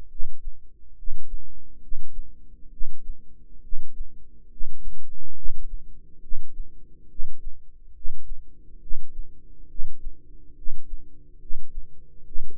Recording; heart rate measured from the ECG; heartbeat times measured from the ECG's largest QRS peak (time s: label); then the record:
heart sounds by microphone in the right ear; 69 bpm
0.07 s: heartbeat
0.94 s: heartbeat
1.79 s: heartbeat
2.69 s: heartbeat
3.60 s: heartbeat
4.48 s: heartbeat
5.33 s: heartbeat
6.20 s: heartbeat
7.07 s: heartbeat
7.92 s: heartbeat
8.79 s: heartbeat
9.67 s: heartbeat
10.54 s: heartbeat
11.38 s: heartbeat
12.23 s: heartbeat
From the record:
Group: healthy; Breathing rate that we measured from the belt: 19 breaths a minute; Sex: male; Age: 35 years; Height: 180 cm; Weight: 86.9 kg